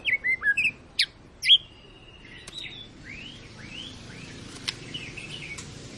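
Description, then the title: White-rumped shama song, a few loud sharp notes followed by softer arched whistles repeated in a quiet series. Long lure recording of a singing white-rumped shama, used to prompt other birds to sing; described as gacor, meaning sings constantly. "Pancingan Murai Batu Gacor Panjang"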